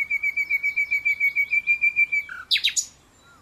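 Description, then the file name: Common nightingale song: a steady series of many piping whistled notes, evenly repeated, then an abrupt harsh, scratchy flourish. "Luscinia megarhynchos"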